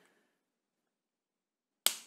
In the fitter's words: click in place cap with a steel nib not a very big knee but